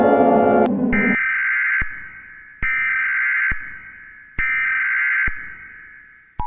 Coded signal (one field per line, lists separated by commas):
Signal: Emergency Alert System (SAME) tones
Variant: header bursts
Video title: EAS Scenario #5: The Rampage